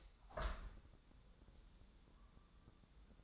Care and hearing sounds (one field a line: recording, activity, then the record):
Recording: daily activity, microphone in the room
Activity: open window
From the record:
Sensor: 3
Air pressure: 1000.4 hPa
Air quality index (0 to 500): 141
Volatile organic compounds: 2 ppm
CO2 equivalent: 1224 ppm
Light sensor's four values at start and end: 13/34/13/15 and 13/35/14/15